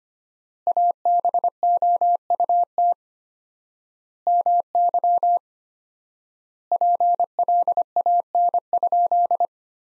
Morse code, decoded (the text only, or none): ABOUT MY PLAN?